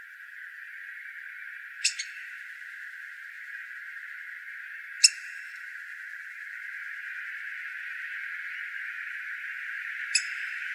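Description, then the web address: Black-headed grosbeak calls: three sharp, clipped single notes spaced several seconds apart over a steady background hiss. Calls; Arizona, 8 May 2005. "Grosbeaks Buntings AZFO BHGR CALLS deviche 050908"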